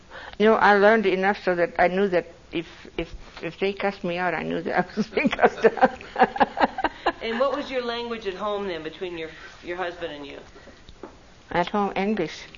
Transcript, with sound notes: No I learned it enough so that I knew that if - if - if they cussed me out I knew that I was being cussed out (laughs)
And what was your language at home then between your - your husband and you?
At home - English.